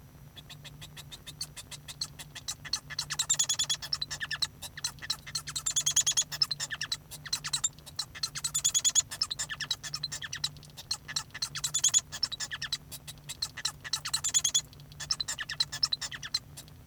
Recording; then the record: song of a male Bengalese finch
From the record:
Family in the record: son of father 1